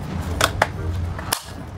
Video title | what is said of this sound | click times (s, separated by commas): KALA KO BABAHA ULIT 😫 TUMAAS ANG TUBIG 😥 | Dito naman sa paglalagay naman na nitong window blinds, ila-lock niyo rin po niya sa may gilid tapos sa may likod itutulak niyo and maririnig niyo yung tunog kapag nag-lock na. | 0.6 s, 1.3 s